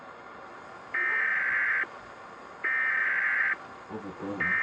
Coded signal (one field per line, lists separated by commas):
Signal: Emergency Alert System (SAME) tones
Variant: header bursts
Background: speech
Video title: Rating eas alarms part 2